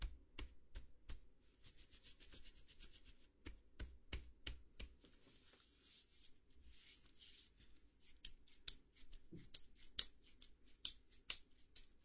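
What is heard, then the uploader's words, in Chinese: A head and shoulder massage, heard as a run of sharp, crisp taps and pats arriving every half second or so, sometimes in quick clusters. Soft rubbing and brushing fills the gaps, with a low, steady murmur underneath throughout. 为弟弟做头部肩部按摩。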